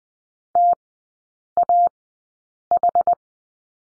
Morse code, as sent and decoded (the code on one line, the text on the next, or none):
- .- ....
TAH